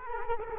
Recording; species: mosquito wingbeat signal from an infrared sensor; Culex quinquefasciatus